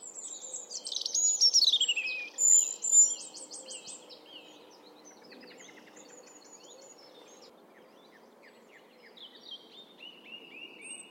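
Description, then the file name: European robin song: very high, rapid descending trills and buzzy notes in the first three seconds, then faint scattered high notes over steady low hiss. "Erithacus rubecula"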